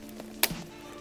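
A memory module is pressed with both thumbs into a motherboard DIMM slot, lined up so its notch clears. A sharp, bright click at 0.4 s marks the slot latches catching, followed by a short lower-pitched rattle, with faint ticks before it. The module is seated.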